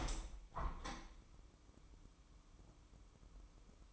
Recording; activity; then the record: daily activity, microphone in the room; open window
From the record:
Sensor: 1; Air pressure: 1014.9 hPa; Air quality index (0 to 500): 40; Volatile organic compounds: 1 ppm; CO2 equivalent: 602 ppm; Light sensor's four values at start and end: 10/25/10/11 and 11/26/10/11